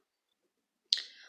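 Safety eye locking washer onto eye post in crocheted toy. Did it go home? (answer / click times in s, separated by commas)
yes / 0.9 s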